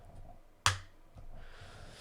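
A magnetic MagSafe-style accessory is snapped onto the magnetic ring on the back of a translucent silicone Makavo case for a OnePlus 15 phone. One sharp, loud snap lands at 0.7 s over a quiet background, and the piece seats firmly because of the strong magnet.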